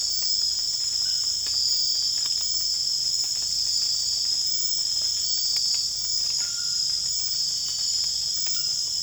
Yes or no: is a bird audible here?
no